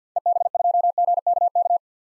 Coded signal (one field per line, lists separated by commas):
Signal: Morse code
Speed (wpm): 50 wpm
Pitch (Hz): 700 Hz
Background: none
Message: EB2GKK